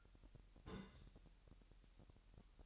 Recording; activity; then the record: daily activity, microphone in the room; place on stove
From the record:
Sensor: 3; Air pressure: 1002.0 hPa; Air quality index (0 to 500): 249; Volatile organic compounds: 52 ppm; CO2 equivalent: 3318 ppm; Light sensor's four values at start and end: 6/15/6/6 and 6/15/6/6